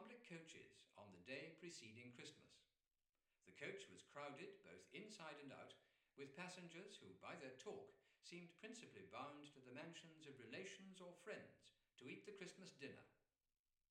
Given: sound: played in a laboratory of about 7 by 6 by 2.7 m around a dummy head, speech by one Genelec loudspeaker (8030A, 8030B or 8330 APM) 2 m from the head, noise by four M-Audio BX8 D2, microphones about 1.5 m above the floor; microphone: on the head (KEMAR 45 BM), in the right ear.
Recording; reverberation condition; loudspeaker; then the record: male speech in English; medium; 60 degrees to the right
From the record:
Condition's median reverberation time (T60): about 510 ms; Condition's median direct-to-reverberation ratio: about -0.5 dB